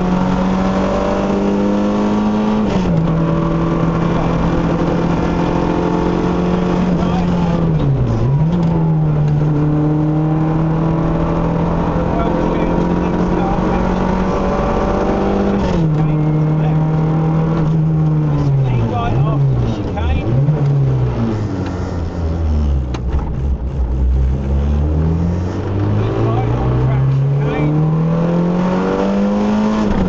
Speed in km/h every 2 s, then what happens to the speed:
101, 106, 111, 87, 74, 82, 90, 97, 90, 48, 24, 19, 37, 55, 69.
0-5 speeds up to 111. 5-7 brakes to 74. 7-15 speeds up to 97. 15-21 brakes to 19. 22-30 speeds up to 69.